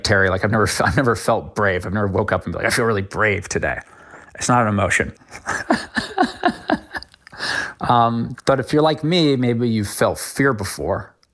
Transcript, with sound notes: Like, I've never - I never felt brave. I've never woke up and been like, I feel really brave today. It's not an emotion (laughter).
But if you're like me, maybe you felt fear before.